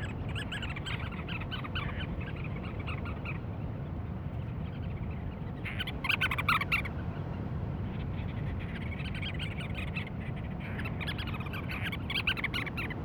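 Cape Verde storm petrel chattering calls, bursts of rapid pulsed notes at the start, around six seconds and again near the end, over a steady low rumble.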